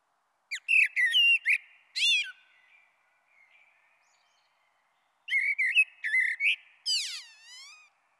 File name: Merle Noir